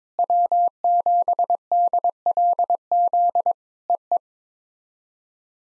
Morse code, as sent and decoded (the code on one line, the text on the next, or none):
.-- --... -.. .-.. --.. / . .
W7DLZ EE